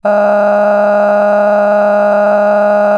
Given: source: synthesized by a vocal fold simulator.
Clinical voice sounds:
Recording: sustained vowel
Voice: female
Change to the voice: cycle-to-cycle stiffness perturbation (roughness), level 7 of 10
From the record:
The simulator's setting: 4.56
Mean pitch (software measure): 206 Hz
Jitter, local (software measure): 2.04%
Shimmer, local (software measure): 14.8%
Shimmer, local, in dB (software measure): 1.31 dB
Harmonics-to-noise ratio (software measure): 13.2 dB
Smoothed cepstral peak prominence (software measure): 15.2 dB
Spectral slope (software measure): -21.8 dB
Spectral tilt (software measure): -11.6 dB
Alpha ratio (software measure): -12.3 dB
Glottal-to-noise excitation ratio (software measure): 0.954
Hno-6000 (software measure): 2.4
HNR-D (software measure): 30.3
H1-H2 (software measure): 2.8 dB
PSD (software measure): 8.6e-05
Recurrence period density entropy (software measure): 0.118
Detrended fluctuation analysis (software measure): 0.0284

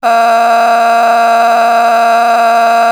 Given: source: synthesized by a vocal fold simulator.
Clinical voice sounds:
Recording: sustained vowel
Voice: female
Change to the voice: a random mix of aspiration noise, stiffness perturbation and strain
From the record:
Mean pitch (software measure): 232 Hz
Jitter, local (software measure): 1.61%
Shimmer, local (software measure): 7.9%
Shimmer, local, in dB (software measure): 0.69 dB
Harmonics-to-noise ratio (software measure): 13.6 dB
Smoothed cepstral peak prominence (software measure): 13.8 dB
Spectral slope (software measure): -17.4 dB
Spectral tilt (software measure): -8.5 dB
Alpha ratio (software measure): -7.9 dB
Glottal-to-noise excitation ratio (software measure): 0.890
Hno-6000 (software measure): 1.8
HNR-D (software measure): 33.8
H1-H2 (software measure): -3.0 dB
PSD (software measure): 8.1e-05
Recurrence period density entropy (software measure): 0.120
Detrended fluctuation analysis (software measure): 0.0105

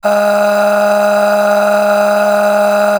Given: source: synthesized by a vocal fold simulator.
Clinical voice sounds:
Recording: sustained vowel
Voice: female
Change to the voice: aspiration noise (breathiness), level 10 of 10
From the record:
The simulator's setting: 4.64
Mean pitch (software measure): 206 Hz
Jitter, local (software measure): 1.54%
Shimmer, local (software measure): 16.7%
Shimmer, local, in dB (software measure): 1.47 dB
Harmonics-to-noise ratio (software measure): 9.9 dB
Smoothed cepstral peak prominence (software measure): 10.0 dB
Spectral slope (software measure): -18.8 dB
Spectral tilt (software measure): -7.2 dB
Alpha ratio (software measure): -9.3 dB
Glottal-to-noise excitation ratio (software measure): 0.612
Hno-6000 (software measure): 1.7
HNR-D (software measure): 34.0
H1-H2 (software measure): 8.7 dB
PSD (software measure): 7.7e-05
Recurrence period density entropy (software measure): 0.136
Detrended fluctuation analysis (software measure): 0.0281

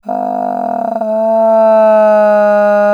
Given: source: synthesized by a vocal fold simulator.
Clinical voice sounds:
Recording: sustained vowel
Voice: female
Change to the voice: asymmetry, level 9 of 51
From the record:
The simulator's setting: 1.80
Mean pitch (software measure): 220 Hz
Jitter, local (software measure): 1.19%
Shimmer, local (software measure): 2.9%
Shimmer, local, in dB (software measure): 0.30 dB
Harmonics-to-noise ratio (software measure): 24.2 dB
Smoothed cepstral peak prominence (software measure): 14.2 dB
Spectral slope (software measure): -25.5 dB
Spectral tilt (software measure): -11.5 dB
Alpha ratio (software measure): -15.9 dB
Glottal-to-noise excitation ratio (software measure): 0.941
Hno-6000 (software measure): 2.4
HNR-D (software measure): 33.3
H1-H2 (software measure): 8.0 dB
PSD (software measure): 2.4e-04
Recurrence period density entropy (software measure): 0.112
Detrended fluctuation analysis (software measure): 0.0294

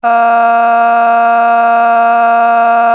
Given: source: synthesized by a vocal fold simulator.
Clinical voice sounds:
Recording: sustained vowel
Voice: female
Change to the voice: a random mix of aspiration noise, stiffness perturbation and strain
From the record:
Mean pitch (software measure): 233 Hz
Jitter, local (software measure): 0.75%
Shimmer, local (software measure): 5.1%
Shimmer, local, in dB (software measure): 0.45 dB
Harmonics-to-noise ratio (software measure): 19.7 dB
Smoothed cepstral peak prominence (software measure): 15.4 dB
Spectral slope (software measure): -17.8 dB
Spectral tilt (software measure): -8.2 dB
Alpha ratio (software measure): -8.3 dB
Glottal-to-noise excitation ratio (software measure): 0.929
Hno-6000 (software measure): 2.0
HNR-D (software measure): 39.1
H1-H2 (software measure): -3.5 dB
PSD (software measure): 3.3e-05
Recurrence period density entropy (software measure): 0.116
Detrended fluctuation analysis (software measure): 0.0108

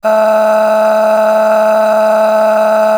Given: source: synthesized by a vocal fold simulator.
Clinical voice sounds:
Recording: sustained vowel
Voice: female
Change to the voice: a random mix of aspiration noise, stiffness perturbation and strain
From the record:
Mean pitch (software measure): 217 Hz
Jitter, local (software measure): 1.50%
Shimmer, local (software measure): 10.9%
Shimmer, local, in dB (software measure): 0.96 dB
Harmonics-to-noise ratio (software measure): 13.7 dB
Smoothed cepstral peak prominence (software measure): 10.6 dB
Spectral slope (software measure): -21.8 dB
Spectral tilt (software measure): -8.4 dB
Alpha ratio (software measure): -12.3 dB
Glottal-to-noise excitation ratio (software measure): 0.831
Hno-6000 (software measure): 1.9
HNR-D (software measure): 37.0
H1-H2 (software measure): 7.0 dB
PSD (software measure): 6.2e-05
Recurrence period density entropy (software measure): 0.118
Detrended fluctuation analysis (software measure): 0.0169

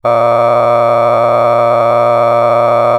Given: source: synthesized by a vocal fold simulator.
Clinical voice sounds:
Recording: sustained vowel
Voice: male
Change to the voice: a random mix of aspiration noise, stiffness perturbation and strain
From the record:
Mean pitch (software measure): 118 Hz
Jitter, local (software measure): 2.86%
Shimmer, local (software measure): 8.5%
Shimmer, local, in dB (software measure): 0.67 dB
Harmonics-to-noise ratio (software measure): 10.8 dB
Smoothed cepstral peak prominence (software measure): 16.3 dB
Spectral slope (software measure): -16.5 dB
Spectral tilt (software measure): -11.9 dB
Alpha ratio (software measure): -6.9 dB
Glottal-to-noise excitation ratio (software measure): 0.986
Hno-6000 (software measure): 2.3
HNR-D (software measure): 22.5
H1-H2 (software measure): 4.4 dB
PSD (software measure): 2.1e-04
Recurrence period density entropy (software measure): 0.108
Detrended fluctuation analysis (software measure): 0.0451

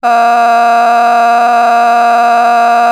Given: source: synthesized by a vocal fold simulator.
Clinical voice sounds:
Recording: sustained vowel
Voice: female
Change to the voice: a random mix of aspiration noise, stiffness perturbation and strain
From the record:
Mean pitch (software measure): 236 Hz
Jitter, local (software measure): 1.35%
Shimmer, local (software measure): 7.3%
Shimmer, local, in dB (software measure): 0.64 dB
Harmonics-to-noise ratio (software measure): 16.2 dB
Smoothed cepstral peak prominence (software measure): 16.6 dB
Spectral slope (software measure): -18.0 dB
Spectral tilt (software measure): -9.1 dB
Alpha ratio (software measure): -8.4 dB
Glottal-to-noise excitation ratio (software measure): 0.953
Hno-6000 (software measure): 1.9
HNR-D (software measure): 37.6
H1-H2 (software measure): -1.2 dB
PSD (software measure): 7.0e-05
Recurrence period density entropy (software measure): 0.119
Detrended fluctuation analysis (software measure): 0.0107

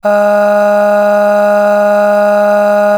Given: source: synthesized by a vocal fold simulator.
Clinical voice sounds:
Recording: sustained vowel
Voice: female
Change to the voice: aspiration noise (breathiness), level 7 of 10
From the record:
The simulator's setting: 1.57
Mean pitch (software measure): 206 Hz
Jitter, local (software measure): 0.58%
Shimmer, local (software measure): 6.6%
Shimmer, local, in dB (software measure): 0.57 dB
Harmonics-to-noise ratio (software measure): 19.0 dB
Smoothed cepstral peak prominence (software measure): 13.7 dB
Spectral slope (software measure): -21.5 dB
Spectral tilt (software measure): -7.5 dB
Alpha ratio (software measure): -12.0 dB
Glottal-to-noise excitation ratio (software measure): 0.879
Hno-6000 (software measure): 2.0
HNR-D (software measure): 39.4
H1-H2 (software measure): 9.5 dB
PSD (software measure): 2.7e-05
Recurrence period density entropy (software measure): 0.115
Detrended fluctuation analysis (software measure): 0.0275

